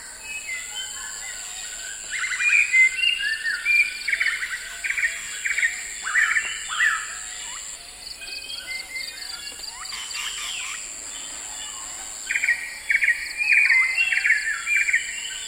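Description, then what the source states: Frogs calling in a loose chorus, clusters of short pulsed bursts coming in waves, over a steady high-pitched insect drone throughout. Swamp soundscape with frogs and insects calling together.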